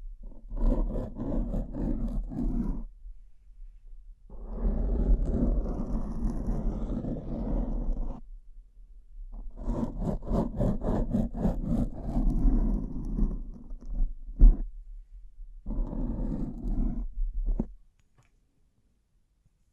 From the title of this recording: Bling Bling Triggers